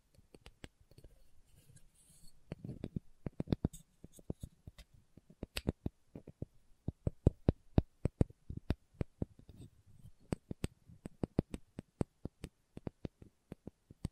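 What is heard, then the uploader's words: Slow tapping, a series of sharp, crisp clicks that come at an uneven pace, sometimes singly and sometimes in quick clusters of two or three. The taps are brightest and densest between about 5 and 12 seconds, with soft low rustling underneath throughout. ASMR Slow Tapping for Deep Sleep (No Talking).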